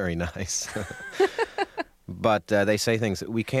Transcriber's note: laughter